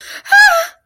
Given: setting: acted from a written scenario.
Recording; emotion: vocal sound without words; elation